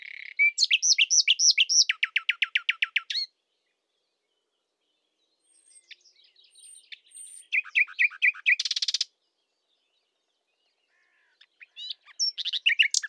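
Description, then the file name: Common nightingale song in bursts: loud fast repeated notes, a pause, soft whistles, a rattling phrase, then more rapid chirps. "Luscinia megarhynchos"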